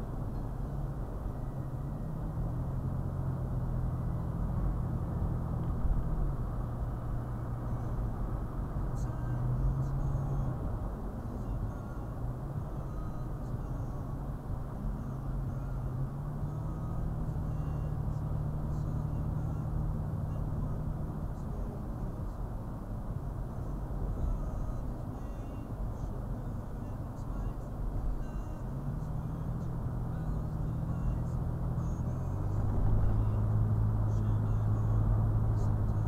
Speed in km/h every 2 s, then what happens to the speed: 58, 61, 63, 64, 64, 61, 56, 53, 56, 60, 60, 60, 58, 55, 56, 60, 66, 72.
0-7 speeds up to 64. 7-13 slows to 53. 13-27 steady at about 58. 27-36 speeds up to 72.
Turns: none.